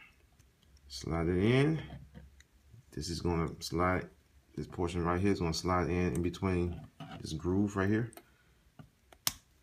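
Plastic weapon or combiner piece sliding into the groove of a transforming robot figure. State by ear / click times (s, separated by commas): seated / 9.3 s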